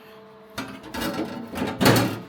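A fabricated steel repair panel is lifted and set into the copper-primed boot floor opening of the HG car, ahead of it clicking into place. After a faint steady hum, metallic shuffling and scraping begin at about 0.6 s, with a sharp knock at 1.0 s and the loudest clattering contact around 1.8 to 2.0 s. The panel is only positioned, and nothing has clicked into place yet.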